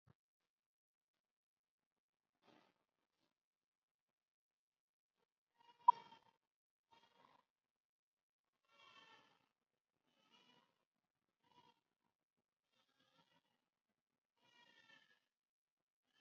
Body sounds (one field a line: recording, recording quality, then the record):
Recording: deep breathing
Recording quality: poor, much background noise or distortion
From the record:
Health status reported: COVID-19 positive, mild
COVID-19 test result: positive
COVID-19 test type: RT-PCR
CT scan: not taken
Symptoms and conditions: none ticked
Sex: female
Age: 25 years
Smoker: no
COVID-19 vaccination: none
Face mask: not worn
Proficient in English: yes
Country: India